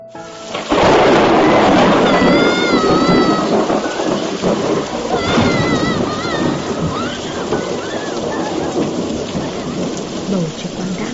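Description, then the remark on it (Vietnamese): A sudden, loud crack of thunder bursts in and rolls into a long, deep rumble, with steady heavy rain hissing underneath throughout. “Đột ngột vang lên một tiếng sấm rền đinh tai, cả tòa nhà như rung chuyển.”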